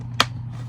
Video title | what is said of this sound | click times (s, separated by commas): Marvel legends series green goblin helmet from spiderman no way home / raimi trilogy | there we go yeah they just snap right on in uh | 0.2 s